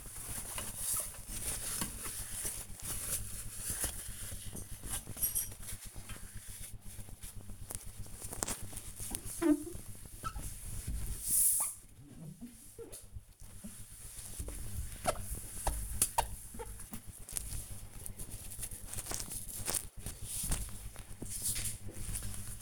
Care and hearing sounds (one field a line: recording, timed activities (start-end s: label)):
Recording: household activities, microphone on the right wrist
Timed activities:
0.00-22.62 s: bathroom cleaning (washbasin)